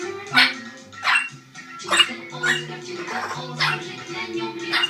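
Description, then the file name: Orange-winged amazon uttering several grating, drawn-out squawks spaced unevenly over a few seconds. "venesuelskii amazon poyot"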